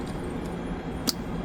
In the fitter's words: you hear it snap.